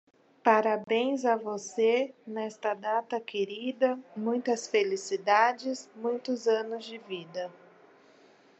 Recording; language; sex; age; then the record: short text; Brazilian Portuguese; female; 20 to 29 years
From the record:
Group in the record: control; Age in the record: 26 years